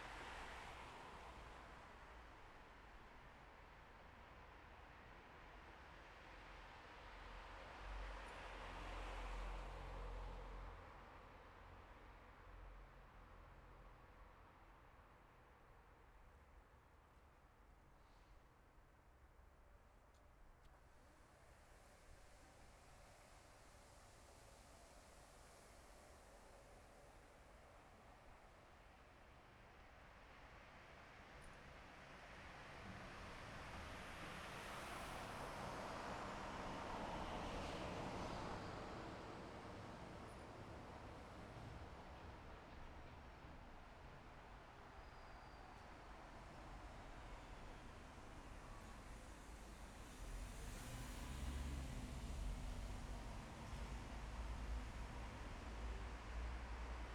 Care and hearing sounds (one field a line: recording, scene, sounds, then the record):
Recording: everyday scene through a hearing-aid microphone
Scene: in traffic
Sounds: traffic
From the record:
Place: bus stop on a city main road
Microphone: behind the ear, left, rear